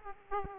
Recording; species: mosquito wingbeat signal from an infrared sensor; Aedes aegypti